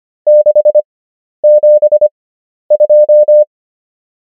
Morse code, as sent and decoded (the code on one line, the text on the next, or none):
-.... --... ..---
672